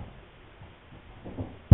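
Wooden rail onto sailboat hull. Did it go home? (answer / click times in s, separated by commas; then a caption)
no / none. A wooden rail is handled into position along the hull of a wooden sailboat before clamping. Quiet low rumble carries a few faint soft knocks around 1.3 to 1.4 seconds, then a sudden loud low thump at the very end. Nothing has seated or clicked yet.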